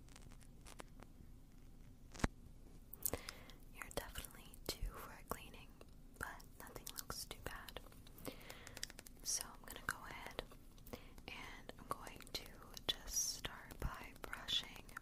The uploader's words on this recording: Ear Cleaning With Odd Objects. Tonight, I perform another ear cleaning, but this time with a bunch of odd sounding objects.